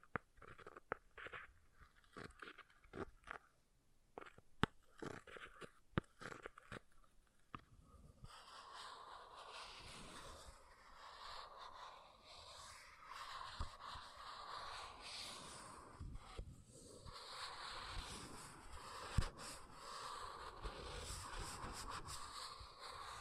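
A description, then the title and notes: An object is scratched in short, scattered strokes for the first eight seconds, each a sharp crackly burst with gaps between. After that the scratching turns nearly continuous, a dense rough rasp that swells and eases until the end, with a few sharper clicks. ASMR Brain Melting Object Scratching (No Talking).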